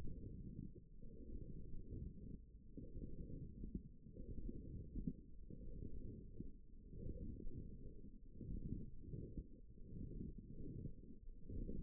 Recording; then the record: forearm muscle sounds (acoustic myography)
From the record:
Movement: forearm supination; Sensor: system 1, eight BSWA MPA416 microphones around the upper forearm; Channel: 1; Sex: female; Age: 20 years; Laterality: right